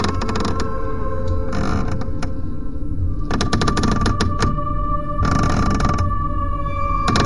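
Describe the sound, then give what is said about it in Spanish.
Wooden stairs leading up to an attic creak and groan under slow footsteps as someone climbs them, with drawn-out, strained squeaks and bursts of scraping and thudding steps recurring in uneven clusters over a steady low rumble. “subió los chirriantes escalones que conducían al ático.”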